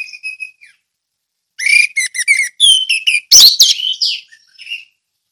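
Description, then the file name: Orange-headed thrush song opening with pure whistled notes, then a rapid series of repeated chirps and a loud scratchy burst ending in fading whistles. Orange-headed thrush singing in the ngeplong song style. "anis merah ngeplong"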